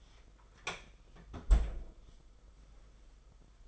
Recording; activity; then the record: daily activity, microphone in the room; close fridge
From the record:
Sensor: 5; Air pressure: 991.1 hPa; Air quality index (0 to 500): 111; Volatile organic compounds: 27 ppm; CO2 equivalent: 2899 ppm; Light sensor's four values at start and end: 35/102/40/43 and 35/104/40/43